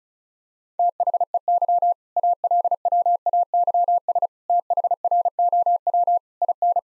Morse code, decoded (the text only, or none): THEY ALWAYS THROW IN